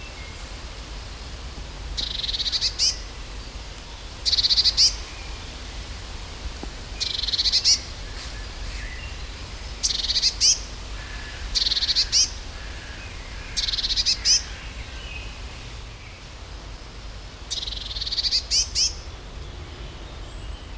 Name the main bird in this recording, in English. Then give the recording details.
Eurasian Blue Tit. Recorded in the wild. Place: Schloßpark Niederschönhausen, Berlin, DE. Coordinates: 52.58, 13.4. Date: 1996-05-26 17:18. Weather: wechselnd wolkig, 17°C. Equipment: Sony MD-WM MZ-R3, Sennheiser MKH 416 T, Kopie Uher 4000 Report Monitor. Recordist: Tembrock, Günter. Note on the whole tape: Ein Tier in Baumhöhle (ca. 120 cm über dem Boden), reagiert auf Beobachter und Mikro im Öffnungsspalt mit säugetierähnlichem Laut, Gefiedergeräusch. Später zweiter Vogel anfliegend, Erregungslaute. Bis 17.27 Uhr